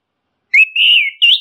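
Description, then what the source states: Orange-headed thrush: a short sequence of smooth, drawn-out whistles, the last rising slightly in pitch. Masteran (training) recording; bird called anis kembang or punglor kembang.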